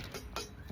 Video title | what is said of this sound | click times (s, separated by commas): First project - fabricating a portable welding table part 3 | I think that's it there. So, it's clicked in place now. | 0.4 s